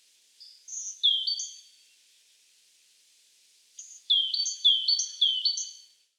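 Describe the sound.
Great tit singing two short strophes of bright, repeated two-note phrases, the second strophe longer with about four clear repetitions, separated by a few seconds of silence.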